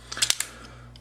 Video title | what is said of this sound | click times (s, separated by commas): Transformers ROTF: Leader Optimus Prime - SSJ Reviews 120 | satisfying click | 0.3 s